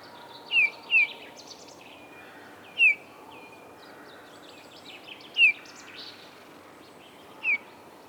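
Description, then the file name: Eurasian bullfinch giving falling piped notes at irregular intervals, a quick pair near the start, amid faint chatter from other small birds. "Pyrrhula pyrrhula"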